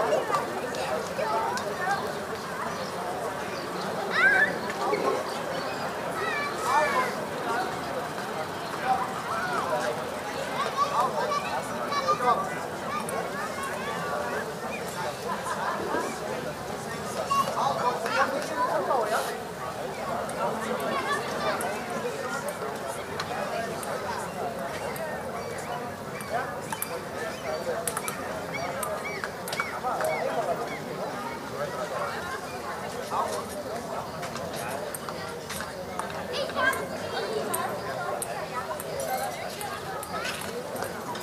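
A summer evening at dusk in Berlin, filled with a steady, dense murmur of many overlapping voices. Scattered short calls, clicks and brief louder moments rise out of the crowd now and then, over a faint low rumble of traffic underneath.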